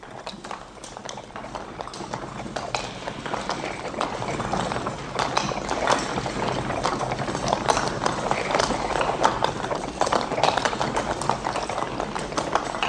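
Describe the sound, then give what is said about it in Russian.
Hooves of horses harnessed for travel clip-clop in a steady, continuous rhythm of sharp knocks, layered over a constant rushing, rattling rumble that holds at an even loudness throughout, with no voices. “Лошади готовы, только пожалуйте.”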